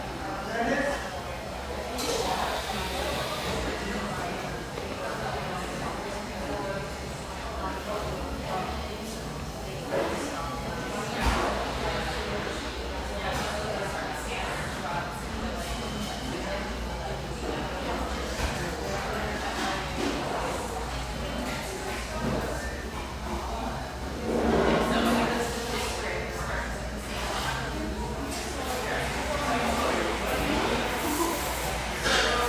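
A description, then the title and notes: A coffeehouse in a mid-morning lull, with several voices talking at once in a steady murmur that holds at an even level for the whole half minute. Brief clinks and clatters cut in now and then, and a low hum runs underneath throughout. Laguna Beach, California. The coffee rush fades to a mid-morning lull in this sunlight coffeehouse, tucked behind a bakery near this coastal California paradise.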